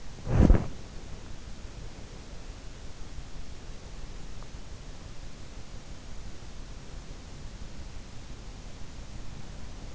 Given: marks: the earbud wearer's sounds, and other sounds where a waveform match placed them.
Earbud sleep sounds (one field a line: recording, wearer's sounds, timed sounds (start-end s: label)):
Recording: sounds in sleep by an in-ear microphone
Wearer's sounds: body movement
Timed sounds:
0.00-1.84 s: body movement